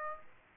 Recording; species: mosquito wingbeat signal from an infrared sensor; Aedes aegypti